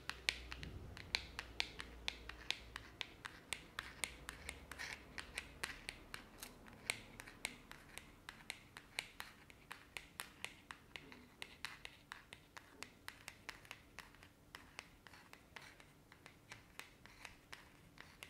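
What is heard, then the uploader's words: Long nails tap rapidly and fairly steadily against an object, each click sharp and bright, coming several times a second for the whole stretch. A soft scratchy rubbing fills the gaps, and a low rumble sits underneath in the first few seconds. ASMR Tapping and Scratching Sounds with Long Nails (Various Objects).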